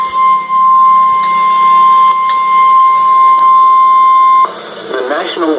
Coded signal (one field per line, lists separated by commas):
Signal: Emergency Alert System (SAME) tones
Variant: 1050 Hz attention tone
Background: speech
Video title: SNOW AND TESTS. | EAS Alerts from February 2021 (EAS #806-815)